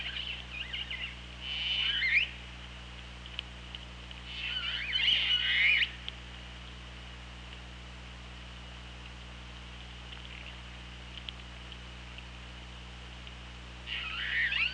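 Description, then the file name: Killer whale pulsed calls in three separate bursts, buzzy and harmonic with brief upward sweeps, separated by quiet stretches of low hum. OrcaLab hydrophone recording, 24 August 2017, 17:35. "Orca Lab UTLN JASON 20170824 173512"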